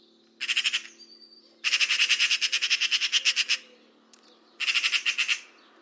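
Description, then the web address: Bird calling in grating, pulsed chatters: a short burst, a long rattling run of nearly two seconds, then another short burst after a pause. "Deverinetal 2025 File origin Bird Only"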